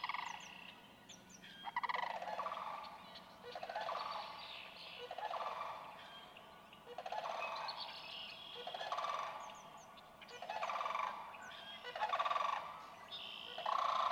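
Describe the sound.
Sandhill cranes calling repeatedly, rolling pulsed trumpeting phrases every couple of seconds, with several birds overlapping.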